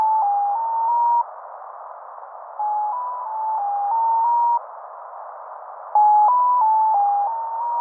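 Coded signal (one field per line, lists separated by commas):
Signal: channel marker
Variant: Mazielka (X06)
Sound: three short sequences of six stepped pure tones around 1 kHz, with hiss between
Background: radio static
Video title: Mazielka (X06) tones station identification from embassy of Russia in Prague - USB 10.214 MHz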